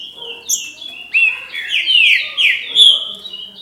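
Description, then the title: Green-winged saltator song, a rapid run of full, slurred whistles, with a few higher thin notes mixed in. "Trinca Ferro"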